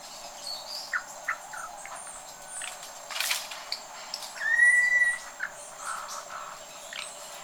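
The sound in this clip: Campo troupial call: one clear whistled note, slightly rising then steady, heard midway among scattered short chirps and a faint crackling background.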